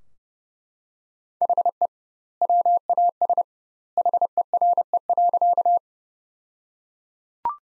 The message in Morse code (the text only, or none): HE WAS HERE.